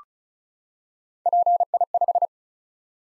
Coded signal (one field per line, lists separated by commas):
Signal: Morse code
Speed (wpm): 36 wpm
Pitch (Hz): 700 Hz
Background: none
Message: PI5